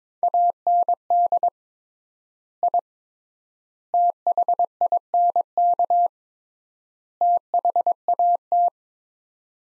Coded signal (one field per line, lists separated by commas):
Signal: Morse code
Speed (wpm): 22 wpm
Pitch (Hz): 700 Hz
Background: none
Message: AND I THINK THAT